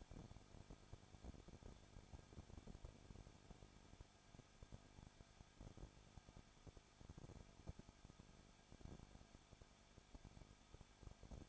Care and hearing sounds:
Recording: daily activity, microphone in the room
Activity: no activity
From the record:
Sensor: 5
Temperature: 20.9 degrees Celsius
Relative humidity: 35.1%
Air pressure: 994.7 hPa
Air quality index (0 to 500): 153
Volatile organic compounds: 2 ppm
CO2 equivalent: 1279 ppm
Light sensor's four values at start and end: 2/3/1/1 and 2/3/1/1

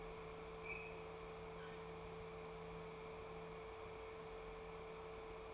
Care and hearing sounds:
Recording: daily activity, microphone in the room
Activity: open fridge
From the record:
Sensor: 1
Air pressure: 1015.0 hPa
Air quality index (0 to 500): 193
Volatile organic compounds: 22 ppm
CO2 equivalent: 2739 ppm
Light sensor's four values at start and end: 12/29/12/13 and 12/28/11/13

